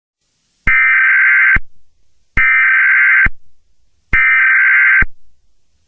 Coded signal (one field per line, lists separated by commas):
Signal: Emergency Alert System (SAME) tones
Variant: header bursts